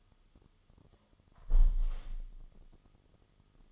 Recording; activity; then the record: daily activity, microphone in the room; close window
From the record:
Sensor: 4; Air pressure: 1005.5 hPa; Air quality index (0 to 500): 98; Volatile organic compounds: 2 ppm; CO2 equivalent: 1218 ppm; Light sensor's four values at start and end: 13/30/12/11 and 13/29/11/11